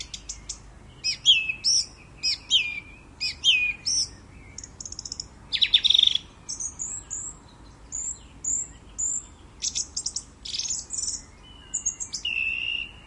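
Thrush singing a long run of high, varied phrases; one sharp motif is repeated three times near the start, followed by trills, whistles and chattering notes.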